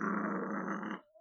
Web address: Coyote